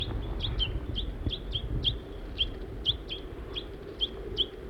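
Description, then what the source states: Crossbill calls, several clipped chirps, some in quick pairs, with low background rumble. Female and juvenile crossbills feeding in pines.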